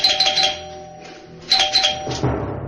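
A doorbell, rung by a postman, rings twice, each ring a quick run of bright, high chime tones, separated by a short pause, with no talking.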